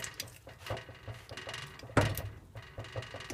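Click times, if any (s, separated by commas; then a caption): 2.0 s. A torque wrench tightens the first bolt on a Honda S2000 AP2 transmission case, following the manual's specified pattern while secondary shaft bearing preload is checked. Low mechanical ratcheting and handling noise lead up to one sharp click at 1.97 s as the wrench breaks over at its setting, confirming the torque was reached.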